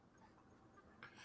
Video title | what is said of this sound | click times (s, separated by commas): Star Trek the Next Generation Build the U.S.S Enterprise NCC-1701_D | yeah because they've been fitted differently haven't they i heard like a click yeah yeah | 1.0 s